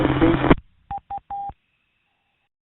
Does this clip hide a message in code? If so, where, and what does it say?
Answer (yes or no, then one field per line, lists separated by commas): no